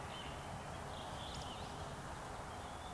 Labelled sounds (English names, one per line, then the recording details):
Eurasian Woodcock whistle
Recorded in Baden-Württemberg, Germany, on 3 June 2021 at 19:31 UTC
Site 45499, 200 m above sea level